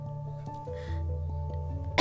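A soft, steady background hum with faint tones gives way at the very end to one sudden, harsh, noisy burst, the start of a single cough that is cut off. It is an ordinary adult woman's cough indoors, one more in a run of repeated coughing.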